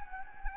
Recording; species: mosquito wingbeat signal from an infrared sensor; Anopheles gambiae